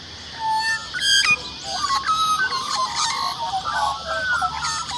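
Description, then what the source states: Australian magpie song, a run of varied clear fluting and warbled notes that shift up and down in pitch, over a steady high hiss. Heard from a gum tree in a front yard; a black and white bird singing on a low branch.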